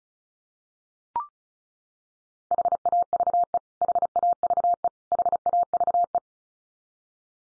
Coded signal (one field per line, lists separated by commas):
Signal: Morse code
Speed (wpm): 34 wpm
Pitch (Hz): 700 Hz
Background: none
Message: HAVE HAVE HAVE